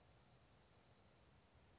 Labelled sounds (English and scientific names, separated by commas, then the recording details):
Dark-eyed Junco (Junco hyemalis)
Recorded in Sonoma County, California